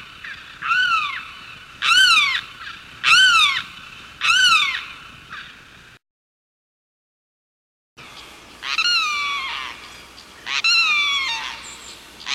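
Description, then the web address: Limpkin calling in loud rising-then-falling wails, four evenly spaced notes followed by a pause and two longer, drawn-out cries. "101 Bird Songs. Limpkin"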